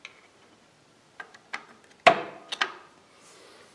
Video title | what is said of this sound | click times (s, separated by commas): R1200R - Grease Splines and Install Drive Shaft | it took a little effort there too but when you'll see here in a second it'll it'll snap onto there pretty distinctly | 2.1 s